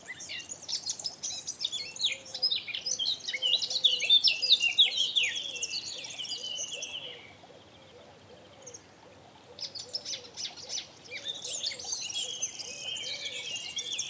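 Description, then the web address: Eurasian blackcap song: long stretch of rapid chattering warbles, a brief lull, then more warbling; a faint low repeated whistle runs underneath. "SETE data Sylvia atricapilla"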